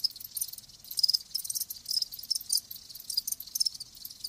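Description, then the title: Cricket chirping, high-pitched pulsed trills in rapid bursts of several per second, steady and continuous throughout. Live crickets chirping with a lulling song. "Live Crickets Chirping"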